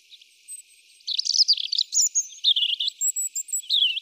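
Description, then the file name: European robin song: sweet, high twittering phrases mixed with thin sustained whistles, delivered quickly and varying in pitch from note to note. "Erithacus rubecula"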